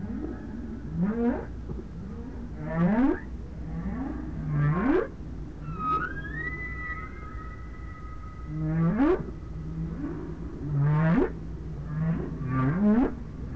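Whale calls: a series of harmonic upswept whoops, rising steeply in pitch and repeated every one to two seconds, with a long steady tonal note in the middle, over low rumbling noise.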